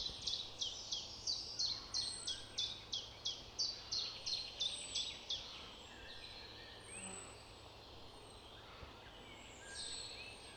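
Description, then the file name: Eurasian wren calling: a rapid series of harsh, ticking notes, about three each second, for about five seconds, then fading into background hiss with a few faint chirps. "Troglodytes troglodytes"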